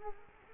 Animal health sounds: mosquito wingbeat signal from an infrared sensor; Culex quinquefasciatus

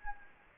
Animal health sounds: mosquito wingbeat signal from an infrared sensor; Anopheles gambiae

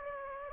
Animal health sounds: mosquito wingbeat signal from an infrared sensor; Anopheles gambiae

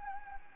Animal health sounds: mosquito wingbeat signal from an infrared sensor; Anopheles gambiae

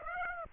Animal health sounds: mosquito wingbeat signal from an infrared sensor; Aedes aegypti

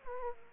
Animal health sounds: mosquito wingbeat signal from an infrared sensor; Aedes aegypti

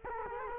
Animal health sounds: mosquito wingbeat signal from an infrared sensor; Culex quinquefasciatus

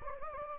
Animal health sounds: mosquito wingbeat signal from an infrared sensor; Anopheles gambiae

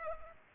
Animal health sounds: mosquito wingbeat signal from an infrared sensor; Culex pipiens

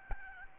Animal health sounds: mosquito wingbeat signal from an infrared sensor; Aedes albopictus

